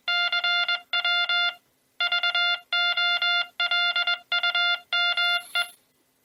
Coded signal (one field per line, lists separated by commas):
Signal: Morse code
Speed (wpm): 21 wpm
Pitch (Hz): 3500 Hz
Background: music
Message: CW VOLUME